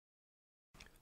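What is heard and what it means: A small magnetic finishing plate is fitted over the arm locking pin of a resin collectible bust and pulled home by a strong magnet. After about 0.7 s of silence, a low rustle of handling begins, then two sharp snaps ring out at 0.8 s and 0.9 s as the plate seats.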